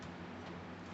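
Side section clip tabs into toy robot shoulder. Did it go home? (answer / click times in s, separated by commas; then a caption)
no / none. The other plastic side section of a Transformers WFC Kingdom Titan Class The Ark toy robot is handled and raised toward the shoulder, where its clip tabs are meant to snap in. Only a steady, even rustle of handling is heard, with no sharp sounds. Nothing has seated or clicked yet.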